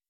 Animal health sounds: hydrophone in a shrimp aquaculture tank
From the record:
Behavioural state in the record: weakened

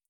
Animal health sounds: hydrophone in a shrimp aquaculture tank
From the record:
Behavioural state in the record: feeding

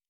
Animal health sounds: hydrophone in a shrimp aquaculture tank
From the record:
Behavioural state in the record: normal

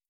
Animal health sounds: hydrophone in a shrimp aquaculture tank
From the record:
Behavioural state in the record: starved

